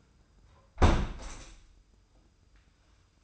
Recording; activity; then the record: daily activity, microphone in the room; close window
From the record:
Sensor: 2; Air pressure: 990.2 hPa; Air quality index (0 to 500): 200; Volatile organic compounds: 1000 ppm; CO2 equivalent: 6389 ppm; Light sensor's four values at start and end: 23/55/22/22 and 24/56/23/23